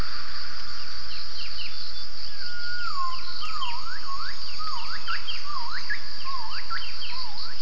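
Gibbon calls: a series of swooping whoops that dip and rise steeply, over a steady high drone and scattered chirps.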